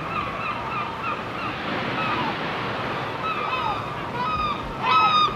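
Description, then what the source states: Gull cries over breaking waves, growing louder near the end. Gulls on the shore.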